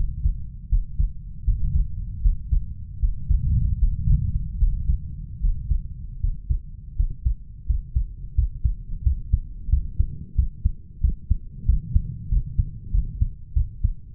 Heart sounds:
heart sounds by stethoscope; 84 bpm
0.71 s: heartbeat
1.46 s: heartbeat
2.23 s: heartbeat
3.01 s: heartbeat
3.80 s: heartbeat
4.60 s: heartbeat
5.42 s: heartbeat
6.22 s: heartbeat
6.98 s: heartbeat
7.68 s: heartbeat
8.37 s: heartbeat
9.05 s: heartbeat
9.71 s: heartbeat
10.37 s: heartbeat
11.03 s: heartbeat
11.68 s: heartbeat
12.31 s: heartbeat
12.93 s: heartbeat
13.56 s: heartbeat
From the record:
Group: healthy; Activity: breath hold 0-3 s, rest 3-14 s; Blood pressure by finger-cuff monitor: 147/91 mmHg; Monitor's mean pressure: 110 mmHg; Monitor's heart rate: 80 bpm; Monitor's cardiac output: 6.5 L/min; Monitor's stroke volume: 80 mL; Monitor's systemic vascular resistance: 1210 dyn s/cm5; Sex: male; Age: 21 years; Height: 175 cm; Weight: 72.6 kg

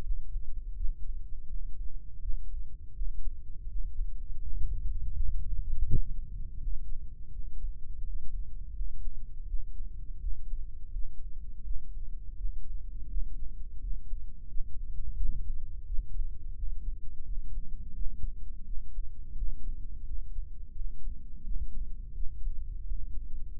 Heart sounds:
heart sounds by microphone in the right ear; 84 bpm
0.02 s: heartbeat
0.75 s: heartbeat
1.48 s: heartbeat
2.20 s: heartbeat
2.93 s: heartbeat
3.67 s: heartbeat
4.39 s: heartbeat
5.12 s: heartbeat
5.85 s: heartbeat
6.58 s: heartbeat
7.31 s: heartbeat
8.01 s: heartbeat
8.73 s: heartbeat
9.46 s: heartbeat
10.19 s: heartbeat
10.91 s: heartbeat
11.63 s: heartbeat
12.36 s: heartbeat
13.08 s: heartbeat
13.79 s: heartbeat
14.47 s: heartbeat
15.16 s: heartbeat
15.85 s: heartbeat
16.55 s: heartbeat
17.24 s: heartbeat
17.94 s: heartbeat
18.64 s: heartbeat
19.35 s: heartbeat
20.05 s: heartbeat
20.74 s: heartbeat
21.43 s: heartbeat
22.13 s: heartbeat
22.84 s: heartbeat
23.53 s: heartbeat
From the record:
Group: healthy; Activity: rest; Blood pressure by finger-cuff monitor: 125/76 mmHg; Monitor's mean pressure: 90 mmHg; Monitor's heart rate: 85 bpm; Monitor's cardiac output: 8.2 L/min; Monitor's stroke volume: 96 mL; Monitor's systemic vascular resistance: 810 dyn s/cm5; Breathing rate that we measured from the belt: 9 breaths a minute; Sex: male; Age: 57 years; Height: 188 cm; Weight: 106 kg

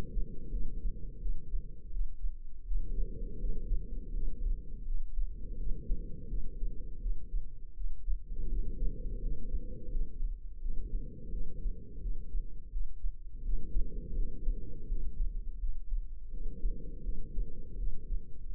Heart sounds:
heart sounds by microphone in the left ear; 83 bpm
0.48 s: heartbeat
1.17 s: heartbeat
1.88 s: heartbeat
2.63 s: heartbeat
3.37 s: heartbeat
4.11 s: heartbeat
4.83 s: heartbeat
5.55 s: heartbeat
6.26 s: heartbeat
6.98 s: heartbeat
7.72 s: heartbeat
8.47 s: heartbeat
9.19 s: heartbeat
9.90 s: heartbeat
10.59 s: heartbeat
11.29 s: heartbeat
11.98 s: heartbeat
12.68 s: heartbeat
13.41 s: heartbeat
14.13 s: heartbeat
14.86 s: heartbeat
15.58 s: heartbeat
16.29 s: heartbeat
17.01 s: heartbeat
17.75 s: heartbeat
18.51 s: heartbeat
From the record:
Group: healthy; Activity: cold pressor test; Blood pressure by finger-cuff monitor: 122/92 mmHg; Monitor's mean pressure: 102 mmHg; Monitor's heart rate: 84 bpm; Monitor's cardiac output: 5.9 L/min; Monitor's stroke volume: 70 mL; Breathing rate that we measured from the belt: 11 breaths a minute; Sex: female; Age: 32 years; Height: 172 cm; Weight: 71.7 kg

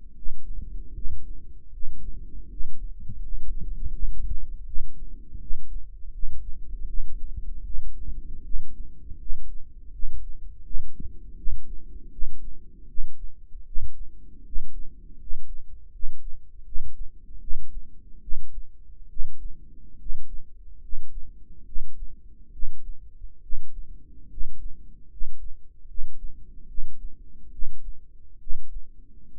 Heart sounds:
heart sounds by microphone in the right ear; 76 bpm
0.15 s: heartbeat
0.94 s: heartbeat
1.72 s: heartbeat
2.49 s: heartbeat
3.21 s: heartbeat
3.92 s: heartbeat
4.66 s: heartbeat
5.40 s: heartbeat
6.13 s: heartbeat
6.87 s: heartbeat
7.65 s: heartbeat
8.44 s: heartbeat
9.19 s: heartbeat
9.92 s: heartbeat
10.64 s: heartbeat
11.37 s: heartbeat
12.12 s: heartbeat
12.88 s: heartbeat
13.66 s: heartbeat
14.45 s: heartbeat
15.19 s: heartbeat
15.92 s: heartbeat
16.65 s: heartbeat
17.40 s: heartbeat
18.21 s: heartbeat
19.09 s: heartbeat
19.98 s: heartbeat
20.81 s: heartbeat
21.65 s: heartbeat
22.52 s: heartbeat
23.42 s: heartbeat
24.29 s: heartbeat
25.10 s: heartbeat
25.87 s: heartbeat
26.67 s: heartbeat
27.51 s: heartbeat
28.39 s: heartbeat
29.30 s: heartbeat
From the record:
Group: healthy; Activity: rest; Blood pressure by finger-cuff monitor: 124/72 mmHg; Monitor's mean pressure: 83 mmHg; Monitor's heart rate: 76 bpm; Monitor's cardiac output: 6.9 L/min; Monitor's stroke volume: 90 mL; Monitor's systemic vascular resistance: 880 dyn s/cm5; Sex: male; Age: 35 years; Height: 180 cm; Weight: 86.9 kg

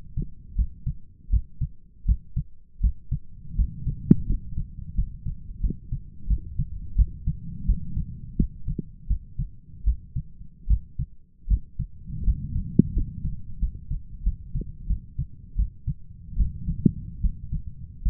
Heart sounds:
heart sounds by stethoscope; 82 bpm
0.56 s: heartbeat
1.30 s: heartbeat
2.06 s: heartbeat
2.81 s: heartbeat
3.56 s: heartbeat
4.27 s: heartbeat
4.95 s: heartbeat
5.61 s: heartbeat
6.28 s: heartbeat
6.96 s: heartbeat
7.66 s: heartbeat
8.37 s: heartbeat
9.08 s: heartbeat
9.85 s: heartbeat
10.68 s: heartbeat
11.48 s: heartbeat
12.24 s: heartbeat
12.94 s: heartbeat
13.60 s: heartbeat
14.24 s: heartbeat
14.87 s: heartbeat
15.56 s: heartbeat
16.37 s: heartbeat
17.21 s: heartbeat
18.03 s: heartbeat
From the record:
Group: healthy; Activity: rest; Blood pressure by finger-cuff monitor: 137/75 mmHg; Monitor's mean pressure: 90 mmHg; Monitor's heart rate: 84 bpm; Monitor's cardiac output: 7.8 L/min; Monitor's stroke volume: 93 mL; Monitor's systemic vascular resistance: 840 dyn s/cm5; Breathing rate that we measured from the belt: 14 breaths a minute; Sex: male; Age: 23 years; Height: 179 cm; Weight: 87 kg

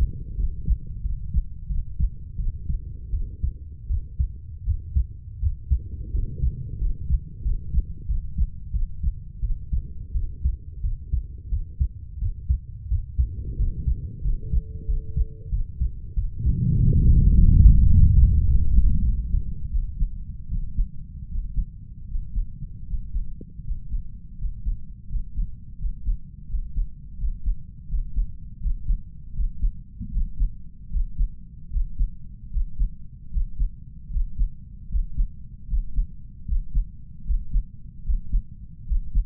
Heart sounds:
heart sounds by stethoscope; 84 bpm
0.36 s: heartbeat
1.02 s: heartbeat
1.67 s: heartbeat
2.37 s: heartbeat
3.11 s: heartbeat
3.88 s: heartbeat
4.64 s: heartbeat
5.40 s: heartbeat
6.12 s: heartbeat
6.79 s: heartbeat
7.43 s: heartbeat
8.06 s: heartbeat
8.72 s: heartbeat
9.40 s: heartbeat
10.13 s: heartbeat
10.81 s: heartbeat
11.49 s: heartbeat
12.19 s: heartbeat
12.88 s: heartbeat
13.57 s: heartbeat
14.22 s: heartbeat
14.86 s: heartbeat
15.50 s: heartbeat
16.14 s: heartbeat
16.77 s: heartbeat
17.35 s: heartbeat
17.91 s: heartbeat
18.46 s: heartbeat
19.03 s: heartbeat
19.70 s: heartbeat
20.49 s: heartbeat
21.29 s: heartbeat
22.08 s: heartbeat
22.87 s: heartbeat
23.64 s: heartbeat
24.38 s: heartbeat
25.09 s: heartbeat
25.78 s: heartbeat
26.48 s: heartbeat
27.17 s: heartbeat
27.88 s: heartbeat
28.60 s: heartbeat
29.33 s: heartbeat
30.11 s: heartbeat
30.89 s: heartbeat
31.70 s: heartbeat
32.50 s: heartbeat
33.30 s: heartbeat
34.10 s: heartbeat
34.88 s: heartbeat
35.67 s: heartbeat
36.45 s: heartbeat
37.24 s: heartbeat
38.03 s: heartbeat
38.85 s: heartbeat
From the record:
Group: healthy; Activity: rest 0-14 s, breath hold 14-39 s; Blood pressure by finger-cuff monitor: 125/66 mmHg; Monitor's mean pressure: 81 mmHg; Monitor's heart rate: 81 bpm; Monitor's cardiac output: 6.7 L/min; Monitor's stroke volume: 85 mL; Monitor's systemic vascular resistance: 760 dyn s/cm5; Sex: female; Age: 32 years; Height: 168 cm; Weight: 61.9 kg

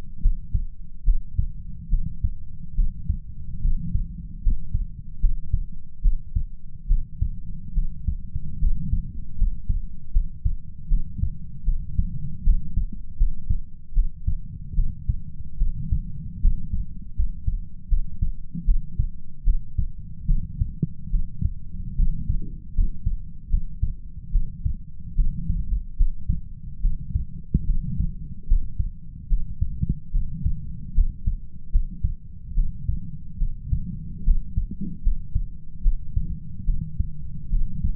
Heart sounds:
heart sounds by stethoscope; 74 bpm
0.20 s: heartbeat
1.03 s: heartbeat
1.88 s: heartbeat
2.74 s: heartbeat
3.60 s: heartbeat
4.41 s: heartbeat
5.19 s: heartbeat
6.00 s: heartbeat
6.86 s: heartbeat
7.72 s: heartbeat
8.58 s: heartbeat
9.36 s: heartbeat
10.11 s: heartbeat
10.87 s: heartbeat
11.63 s: heartbeat
12.42 s: heartbeat
13.16 s: heartbeat
13.92 s: heartbeat
14.73 s: heartbeat
15.57 s: heartbeat
16.39 s: heartbeat
17.14 s: heartbeat
17.87 s: heartbeat
18.64 s: heartbeat
19.43 s: heartbeat
20.25 s: heartbeat
21.09 s: heartbeat
21.94 s: heartbeat
22.73 s: heartbeat
23.48 s: heartbeat
24.30 s: heartbeat
25.14 s: heartbeat
25.95 s: heartbeat
26.80 s: heartbeat
27.64 s: heartbeat
28.46 s: heartbeat
29.27 s: heartbeat
30.10 s: heartbeat
30.93 s: heartbeat
31.70 s: heartbeat
32.53 s: heartbeat
33.37 s: heartbeat
34.23 s: heartbeat
35.01 s: heartbeat
35.81 s: heartbeat
36.64 s: heartbeat
37.49 s: heartbeat
From the record:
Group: healthy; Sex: female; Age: 26 years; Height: 165 cm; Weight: 55 kg

